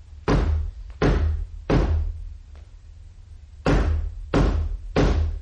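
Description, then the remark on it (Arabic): Loud, heavy knocks on the door of the house where al-Gharid is, in two groups of three with a pause between them. Each blow is sharp and booming, and no one answers or speaks. “إني قد أكسرت دق الباب فما أجابني أحد.”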